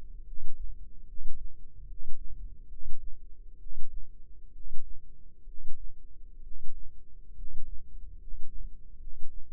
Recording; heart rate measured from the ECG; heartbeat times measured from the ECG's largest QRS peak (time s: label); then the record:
heart sounds by microphone in the left ear; 69 bpm
0.24 s: heartbeat
1.06 s: heartbeat
1.86 s: heartbeat
2.68 s: heartbeat
3.58 s: heartbeat
4.52 s: heartbeat
5.45 s: heartbeat
6.42 s: heartbeat
7.34 s: heartbeat
8.17 s: heartbeat
8.98 s: heartbeat
From the record:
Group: healthy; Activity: rest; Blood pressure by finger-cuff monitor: 122/68 mmHg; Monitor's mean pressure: 83 mmHg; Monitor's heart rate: 73 bpm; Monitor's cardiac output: 7.3 L/min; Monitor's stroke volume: 100 mL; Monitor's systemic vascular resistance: 830 dyn s/cm5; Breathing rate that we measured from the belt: 20 breaths a minute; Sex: male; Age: 35 years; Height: 180 cm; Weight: 86.9 kg